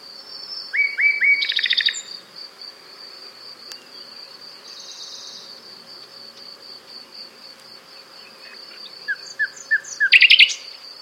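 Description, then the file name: Common nightingale phrases: three rising whistles and a rapid buzzy burst at the start, quiet hum in between, then a few rising notes and a loud rattling trill near the end. "Luscinia megarhynchos"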